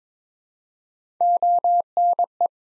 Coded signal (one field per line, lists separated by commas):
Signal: Morse code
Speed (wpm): 23 wpm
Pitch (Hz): 700 Hz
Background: none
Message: ONE